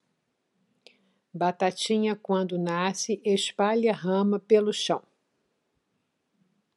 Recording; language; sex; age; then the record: short text; Brazilian Portuguese; female; 60 to 69 years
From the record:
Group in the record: control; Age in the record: 61 years